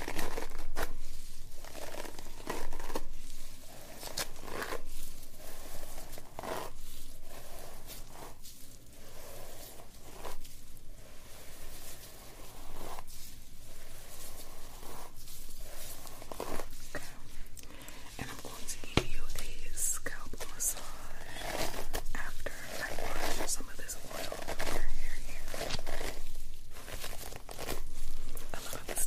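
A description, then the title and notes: Steady scratchy brushing and crinkling strokes through hair, with frequent light taps and rustles, a soft whisper. ASMR School Nurse Lice Check. Writing sounds, light tapping, hair brushing, hair combing, scalp plucking and picking, parting your hair, hair play, lid sounds, water spray sounds, scalp massage with hair oil. Hair Brushing, Scalp Massage, Oil Treatment.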